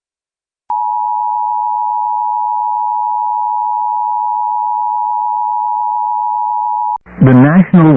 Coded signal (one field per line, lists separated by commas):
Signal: Emergency Alert System (SAME) tones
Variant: 853 and 960 Hz attention tone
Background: speech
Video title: Severe Thunderstorm Warning (Hockley and Lubbock Counties, TX) (4/25/25) [EAS #151]